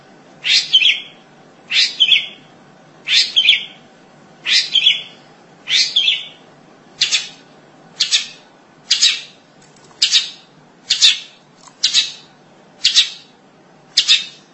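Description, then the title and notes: Long-tailed shrike giving about a dozen harsh, rasping calls, fairly evenly spaced, over steady background noise. "Suara burung pentet"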